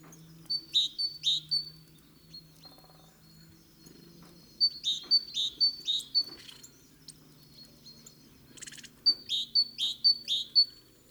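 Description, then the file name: Great tit with clear, ringing two-note phrases repeated in three separate runs; a brief rustling noise sounds between the second and third runs. "Parus major"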